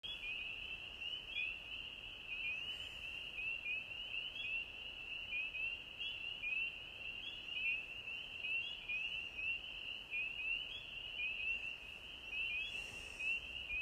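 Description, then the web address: Frogs calling in a dense chorus, many short rising chirps overlapping steadily, high-pitched and continuous throughout, with a soft background hiss. 25 April 2020. "2020 04 25 frogs"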